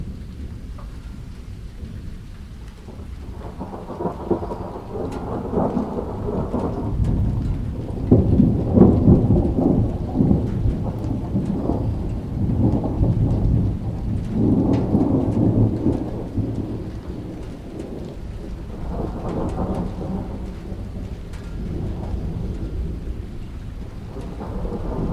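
Distant thunder rolls low and deep under a gentle, steady rain. The rumbles swell in long waves, strongest around eight to ten seconds and again near fifteen, then ease back, with a softer roll returning near twenty seconds.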